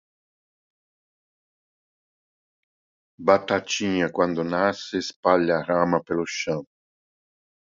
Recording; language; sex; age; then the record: short text; Brazilian Portuguese; male; 50 to 59 years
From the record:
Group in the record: control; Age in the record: 57 years